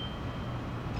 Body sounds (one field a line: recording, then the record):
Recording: background sound without coughing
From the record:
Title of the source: 30 MINUTES Construction Site Ambience (CC BY 4.0)